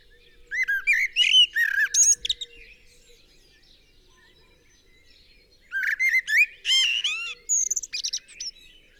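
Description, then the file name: Common blackbird song: two separate bursts of low fluted warbling that break into high squeaky twitters, with a quiet pause of about three seconds between them and a faint low hum beneath the first burst. "Turdus merula"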